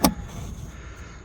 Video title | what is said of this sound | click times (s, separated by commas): How To Remove And Replace Interior Lights To LED. 2024-2026 Hyundai Kona. License Plate Lights Also | So let's put it back. Snap | 0.1 s